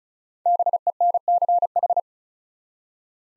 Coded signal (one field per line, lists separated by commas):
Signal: Morse code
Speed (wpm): 36 wpm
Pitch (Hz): 700 Hz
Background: none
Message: BENCH